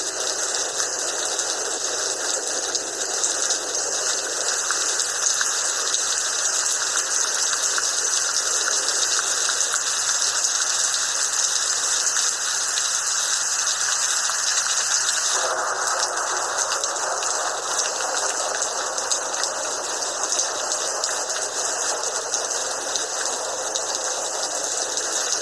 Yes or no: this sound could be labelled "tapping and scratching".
no